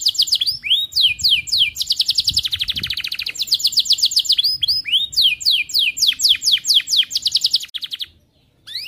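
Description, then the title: Canary song, a fast run of high trills and rapid repeated chirps, shifting between bright buzzy rolls and sweeping notes, ending briefly in silence before resuming. Canary in energetic full song (gacor), with the best melodic phrasing (cengkok) and the most luxurious fill-in phrases (isian). "Kenari Gacor Cengkok Terbaik Isian Paling Mewah Kenarigacor Kicaumania Kenari"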